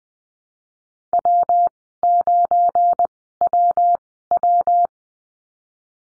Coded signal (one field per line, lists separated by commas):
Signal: Morse code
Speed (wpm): 20 wpm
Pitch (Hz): 700 Hz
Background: none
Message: W9WW